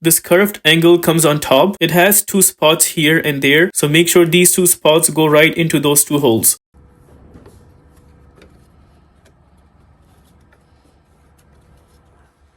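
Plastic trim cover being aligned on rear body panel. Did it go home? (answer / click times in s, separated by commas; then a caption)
no / none. During a 2022–2025 Honda Civic tail light replacement, a plastic trim cover is lined up on the rear body panel with its curved edge on top, so its two locating tabs go into the two holes before it is pushed home. Someone talks for the first 6.6 seconds, then only faint, quiet handling noises follow. Nothing has clicked or seated yet.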